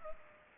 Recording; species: mosquito wingbeat signal from an infrared sensor; Culex pipiens